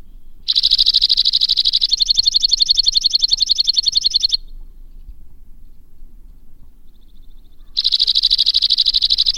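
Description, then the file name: White-winged crossbill: a long high trill, buzzy at first and then more clearly pulsed, followed by a pause and another trill. "suara kicauan burung white winged crossbill. omkicau"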